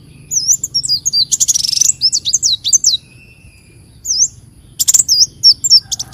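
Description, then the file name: Leafbird song: rapid varied high whistles and twittering phrases with short buzzy bursts, then a pause and another quick whistled run. "Tieng chim xanh tim"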